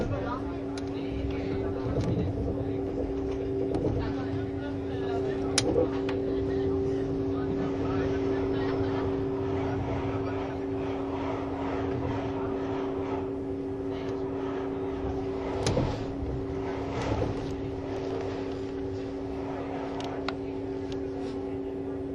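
A Swiss RABDe 500 ICN tilting train runs on the Gotthard line, its interior filled with a steady low rumble and two sustained hum tones. Clicks and thumps from the running gear come irregularly, with sharper knocks near 2, 6, 16 and 17 seconds, and faint voices underneath.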